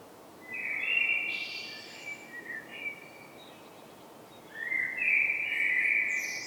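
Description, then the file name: Common blackbird with a smooth whistled note, then softer brief fragments, a lull, and a louder rising whistle that continues to the end. "Turdus merula"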